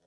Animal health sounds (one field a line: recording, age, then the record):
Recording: pig call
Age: piglet (1 to 25 days)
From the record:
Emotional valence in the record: positive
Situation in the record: reunion after long isolation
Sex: male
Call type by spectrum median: low-frequency call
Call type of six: low-frequency tonal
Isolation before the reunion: 8 minutes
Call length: 0.06 s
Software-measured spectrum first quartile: 475 Hz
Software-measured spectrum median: 1042 Hz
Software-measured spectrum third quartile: 6380 Hz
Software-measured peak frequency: 537 Hz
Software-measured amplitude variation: 11 dB a second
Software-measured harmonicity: 3.1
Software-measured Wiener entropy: -2.40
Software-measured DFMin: 913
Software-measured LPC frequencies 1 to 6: 575, 1692, 3303, 4152, 5356, 6092 Hz